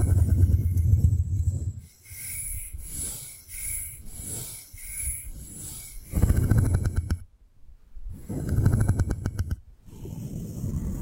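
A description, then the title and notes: Ear picking with assorted props, in heavy low rubbing rumbles around the start, near six seconds and again from eight to ten. Between them come lighter, rhythmic scratches with thin, bright squeaky tones, and two brief silences break the sound near seven and ten seconds. 3D panoramic ear picking with various props.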